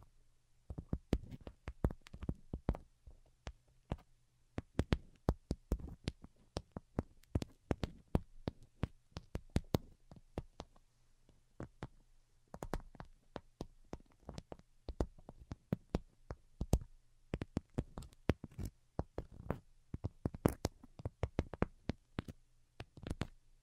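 Delicate tapping runs through the whole recording in quick, irregular bursts of sharp clicks, with short pauses around five, twelve and seventeen seconds. A faint, steady low hum sits underneath the taps throughout.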